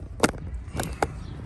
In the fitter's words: I snapped it back in,